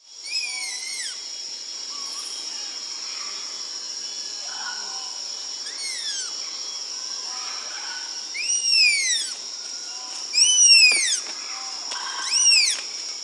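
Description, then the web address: South American tapir giving shrill, high whistles that slide downward, several spread throughout, over a steady insect drone. Brazilian tapir recorded in rainforest in South America. "Natures Songs S America Mammals of the Rainforest Brazilian Tapir"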